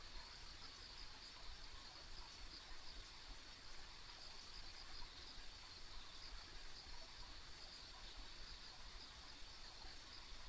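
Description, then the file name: Insect chorus as an unbroken high trill over a low rumble. Ambient insect sounds on a country road. "田舎道の虫の環境音"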